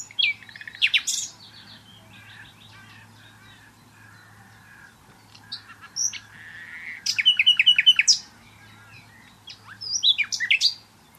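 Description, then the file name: Common nightingale singing several phrases of varied chirps, rapid repeated notes and scratchy flourishes, separated by short pauses. "Luscinia megarhynchos"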